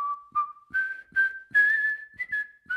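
A professor whistles a simple tune at breakfast, holding a low note before stepping up to a steady higher pitch with a few brief ornaments. Between phrases there are soft clicks and bumps as he takes a lump of sugar, stands and steps to a birdcage.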